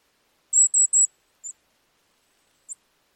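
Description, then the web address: Bird calls: three thin, very high-pitched notes in quick succession, then two isolated, fainter short notes, with silence between. "birddata Deverinetal 2025"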